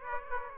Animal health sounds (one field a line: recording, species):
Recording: mosquito wingbeat signal from an infrared sensor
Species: Aedes aegypti